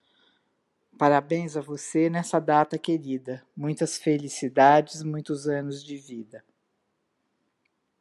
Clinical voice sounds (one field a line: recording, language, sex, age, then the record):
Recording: short text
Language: Brazilian Portuguese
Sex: female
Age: 60 to 69 years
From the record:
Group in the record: control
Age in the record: 68 years